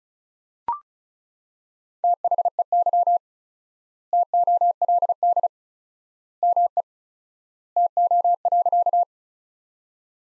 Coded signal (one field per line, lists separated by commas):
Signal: Morse code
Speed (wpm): 36 wpm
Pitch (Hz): 700 Hz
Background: none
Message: THEY TOLD ME TO.